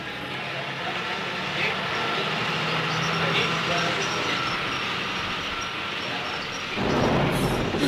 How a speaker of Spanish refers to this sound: Ay, tranquila, tranquila. Le asustan los truenos. Bueno, es que no me gustan. Me pone nerviosa.